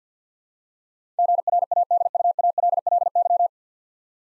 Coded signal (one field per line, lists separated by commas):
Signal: Morse code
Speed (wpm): 50 wpm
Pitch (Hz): 700 Hz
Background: none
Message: GRADUALLY